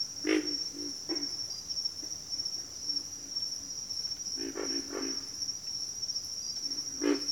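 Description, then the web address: Pig frog making scattered low grunts, some doubled, beneath a constant high insect buzz and background hiss. Pig frogs calling in a bayou. "Echoes of Nature - Bayou Pig Frogs"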